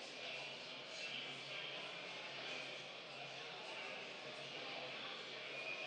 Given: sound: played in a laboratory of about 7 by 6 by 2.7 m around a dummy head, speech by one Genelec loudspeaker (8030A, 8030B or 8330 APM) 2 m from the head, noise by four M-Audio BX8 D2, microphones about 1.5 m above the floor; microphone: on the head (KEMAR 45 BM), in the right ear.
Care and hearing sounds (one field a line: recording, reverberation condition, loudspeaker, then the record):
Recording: cafeteria noise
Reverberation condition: high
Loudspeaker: four, about 170 cm from the corners of the room and facing them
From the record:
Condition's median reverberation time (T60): about 1300 ms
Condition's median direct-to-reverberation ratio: about -4.0 dB